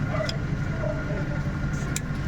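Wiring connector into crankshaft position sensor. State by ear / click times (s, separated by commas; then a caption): seated / 2.0 s. A wiring connector is pushed back onto the crankshaft position sensor of a Suzuki Every Wagon/Van (DA17W) during a serpentine belt change, over a steady low engine-like hum. A faint tap sounds at 0.3 s, then a sharp click at 2.0 s as the connector seats.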